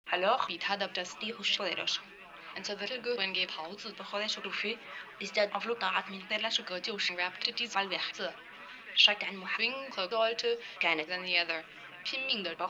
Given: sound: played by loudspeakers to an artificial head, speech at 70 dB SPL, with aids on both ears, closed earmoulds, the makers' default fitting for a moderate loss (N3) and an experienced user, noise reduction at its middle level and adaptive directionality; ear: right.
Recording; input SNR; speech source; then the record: speech test signal (ISTS) in cocktail-party noise; +9 dB; on the right (90 degrees)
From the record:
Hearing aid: class 1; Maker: F